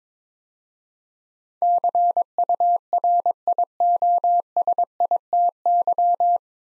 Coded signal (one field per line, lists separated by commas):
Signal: Morse code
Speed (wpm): 22 wpm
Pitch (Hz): 700 Hz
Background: none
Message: CURIOSITY